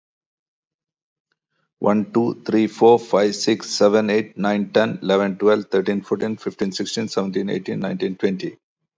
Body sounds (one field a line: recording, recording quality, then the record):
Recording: counting at a fast pace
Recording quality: excellent, no background noise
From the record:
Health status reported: healthy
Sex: male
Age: 43 years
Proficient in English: yes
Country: India